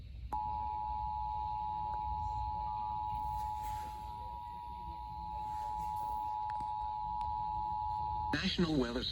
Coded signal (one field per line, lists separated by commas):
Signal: Emergency Alert System (SAME) tones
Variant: 853 and 960 Hz attention tone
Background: speech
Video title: Leftover EAS Alerts from 6/18/2026 | EAS #318-334